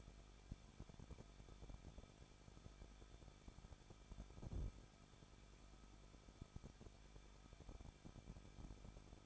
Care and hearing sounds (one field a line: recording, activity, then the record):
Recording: daily activity, microphone in the room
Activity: no activity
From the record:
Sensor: 5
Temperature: 20.8 degrees Celsius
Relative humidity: 38.3%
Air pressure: 1006.6 hPa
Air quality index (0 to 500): 185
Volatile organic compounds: 17 ppm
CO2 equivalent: 2591 ppm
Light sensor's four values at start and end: 2/3/1/1 and 2/3/1/1